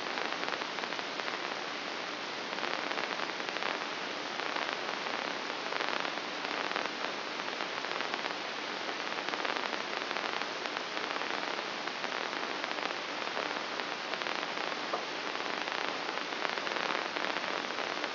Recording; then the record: brain microelectrode recording played as sound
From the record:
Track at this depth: inside the subthalamic nucleus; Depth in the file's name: 4.863 mm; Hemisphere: left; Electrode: 3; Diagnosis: Parkinson's disease